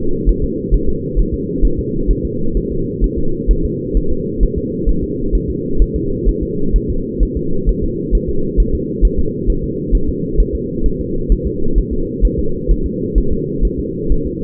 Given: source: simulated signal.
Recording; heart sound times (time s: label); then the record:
fetal heart sounds
0.29 s: S1
0.44 s: S2
0.74 s: S1
0.89 s: S2
1.19 s: S1
1.34 s: S2
1.65 s: S1
1.79 s: S2
2.11 s: S1
2.25 s: S2
2.57 s: S1
2.72 s: S2
3.04 s: S1
3.19 s: S2
3.51 s: S1
3.65 s: S2
3.97 s: S1
4.12 s: S2
4.43 s: S1
4.58 s: S2
4.89 s: S1
5.04 s: S2
5.35 s: S1
5.50 s: S2
5.82 s: S1
5.96 s: S2
6.29 s: S1
6.43 s: S2
6.76 s: S1
6.90 s: S2
7.23 s: S1
7.37 s: S2
7.69 s: S1
7.84 s: S2
8.15 s: S1
8.30 s: S2
8.60 s: S1
8.75 s: S2
9.05 s: S1
9.19 s: S2
9.50 s: S1
9.64 s: S2
9.95 s: S1
10.09 s: S2
10.40 s: S1
10.55 s: S2
10.86 s: S1
11.01 s: S2
11.32 s: S1
11.47 s: S2
11.78 s: S1
11.93 s: S2
12.25 s: S1
12.39 s: S2
12.71 s: S1
12.86 s: S2
13.18 s: S1
13.33 s: S2
13.65 s: S1
13.80 s: S2
14.12 s: S1
14.27 s: S2
From the record:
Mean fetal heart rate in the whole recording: 130 bpm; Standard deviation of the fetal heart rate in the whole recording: 2 bpm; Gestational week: 36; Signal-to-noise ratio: -8.1 dB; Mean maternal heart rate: 72 bpm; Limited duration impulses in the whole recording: absent